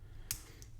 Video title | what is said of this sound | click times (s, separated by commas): Relaxing LEGO Build - Heavy Duty Bulldozer - Calm, Cozy Narration | Red wheels and super satisfying click when joining them. | 0.3 s